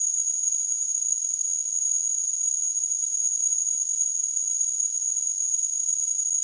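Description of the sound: A steady, very high-pitched whistling tone with a faint hiss around it holds unchanged for about six seconds, with no low sounds at all. It is a simulation of tinnitus, the constant ringing or hissing some people hear in their ears.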